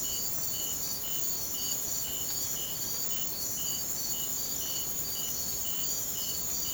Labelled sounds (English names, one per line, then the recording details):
none
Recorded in secondary vegetation near Puerto Asís, Putumayo, Colombia, on 30 June 2025 at 04:00
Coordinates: 0.500, -76.326
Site GP08